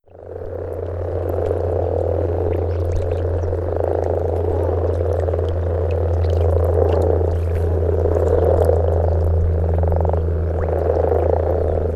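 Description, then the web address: Common frog chorus: continuous low purring, grating croaks from many frogs. "parc ela. grasfrosch"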